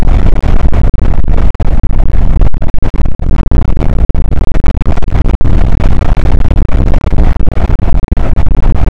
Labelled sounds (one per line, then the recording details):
wind
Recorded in the Prudhoe Bay oil fields, Alaska, on 8 May 2019 at 00:00
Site 24